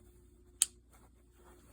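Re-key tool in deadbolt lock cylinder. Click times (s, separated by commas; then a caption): 0.6 s. A re-key tool is pushed into the small hole in the key cylinder of a smart deadbolt lock and seats with a single sharp, loud click at 0.6 s. Quiet low hum and faint handling noise surround it, and the tool is confirmed seated.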